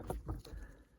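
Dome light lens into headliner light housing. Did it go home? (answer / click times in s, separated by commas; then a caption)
no / none. A plastic dome light lens for a 4G Eclipse is handled as it is hooked by its groove on one side into the headliner light housing, before being pressed into the opening. Three brief taps of handling noise come at about 0.1, 0.3 and 0.5 s over a low background. Nothing has seated or clicked yet.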